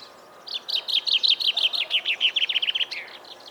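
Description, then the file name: Common chaffinch song, a rapid series of many sharp chirps over about three seconds. "Fringilla coelebs"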